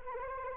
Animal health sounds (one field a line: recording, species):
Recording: mosquito wingbeat signal from an infrared sensor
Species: Anopheles arabiensis